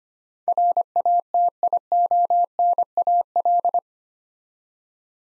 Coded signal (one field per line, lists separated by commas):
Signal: Morse code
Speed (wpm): 25 wpm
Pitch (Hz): 700 Hz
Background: none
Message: RATIONAL